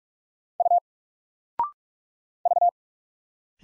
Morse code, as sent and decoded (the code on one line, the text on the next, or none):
..- / ...-
U V